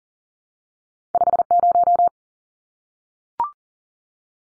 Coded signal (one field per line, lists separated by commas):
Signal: Morse code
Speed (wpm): 40 wpm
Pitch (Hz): 700 Hz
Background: none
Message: 50